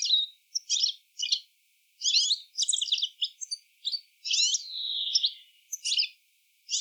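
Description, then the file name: European Goldfinch uttering lively twittering calls, jangling tinkly notes mixed with a drawn-out slurred note in the second half, in irregular quick bursts. "Carduelis carduelis"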